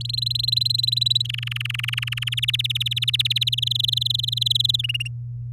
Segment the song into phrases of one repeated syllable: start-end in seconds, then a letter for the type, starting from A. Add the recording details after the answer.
0.00-1.22 A, 1.25-2.29 B, 2.32-3.60 C, 3.62-4.76 D, 4.79-5.08 E. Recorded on 10 May 2018 at 05:46. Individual llb16